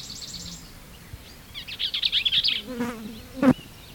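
Bell's vireo song: a brief high chatter, then one rapid, scratchy, jumbled phrase lasting about a second, followed by a low buzzy hum and a sharp knock.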